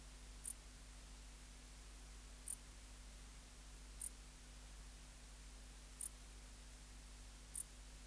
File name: Pholiodoptera grisecaptera